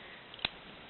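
A plastic Transformer toy missile is pushed into the spring-loaded launcher of an action figure weapon until the trigger catch locks it. A few faint ticks at about 0.3 and 0.4 seconds lead into one sharp, bright click at 0.5 seconds. The missile is seated and locked in the launcher.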